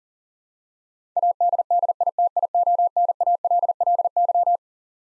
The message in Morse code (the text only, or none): ADDITIONALLY